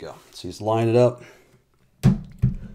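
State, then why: Seated. Someone talks while a Xiaomi Mi Computer Monitor Light Bar is lined up and slid onto its magnetized clip on the monitor. At 2.0 s it seats with a single loud thunk, snapping onto the magnetic mount.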